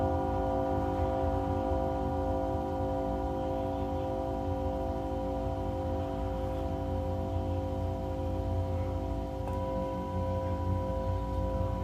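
A Tibetan singing bowl rings steadily, its layered tones holding level and shimmering for the whole twelve seconds. A low, rough rumble churns underneath throughout. Just past nine seconds a soft strike refreshes the ring with a slight shift in pitch.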